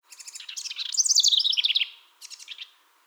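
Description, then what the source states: House wren song: a rapid, bubbling cascade of buzzy chattering notes lasting about two seconds, followed by a brief softer burst of trills. Recorded 2021-06-18.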